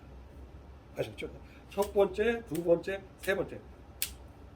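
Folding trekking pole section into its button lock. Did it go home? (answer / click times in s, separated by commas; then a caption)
yes / 4.0 s. A folding carbon trekking pole (Leki Makalu FX Carbon) is pulled straight section by section while someone talks. A short, sharp click at 4.0 s is its center button lock snapping into place, and the pole is then locked.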